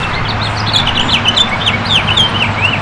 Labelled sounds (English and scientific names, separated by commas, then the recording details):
House Finch (Haemorhous mexicanus) song
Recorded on Long Island, New York, on 22 June 2012
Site AU
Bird A